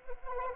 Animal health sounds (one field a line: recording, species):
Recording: mosquito wingbeat signal from an infrared sensor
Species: Anopheles arabiensis